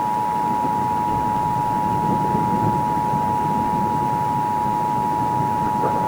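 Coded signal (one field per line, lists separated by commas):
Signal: Emergency Alert System (SAME) tones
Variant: 853 and 960 Hz attention tone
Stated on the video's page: Simulated, fictional EAS scenario, not a real alert.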